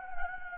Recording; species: mosquito wingbeat signal from an infrared sensor; Anopheles gambiae